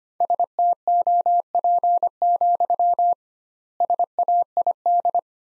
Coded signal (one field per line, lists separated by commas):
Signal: Morse code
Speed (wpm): 25 wpm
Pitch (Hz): 700 Hz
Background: none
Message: STOP, SAID